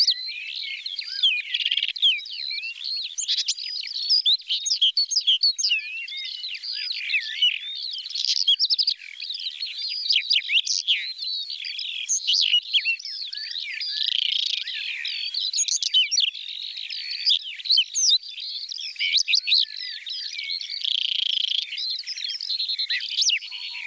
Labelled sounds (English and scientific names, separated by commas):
Whinchat (Saxicola rubetra) song